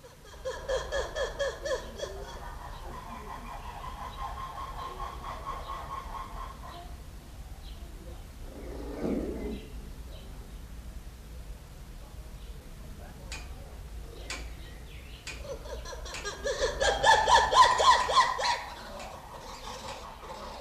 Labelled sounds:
Black-and-white Ruffed Lemur (Varecia variegata)

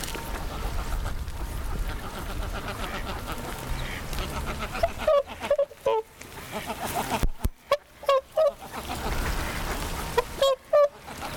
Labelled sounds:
Greylag Goose (Anser anser) call

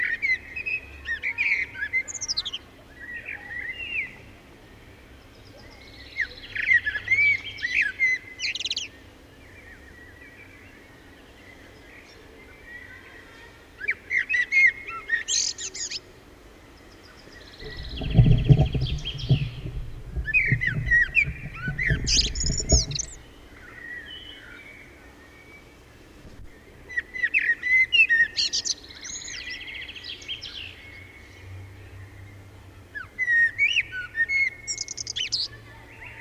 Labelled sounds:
Common Blackbird (Turdus merula) song

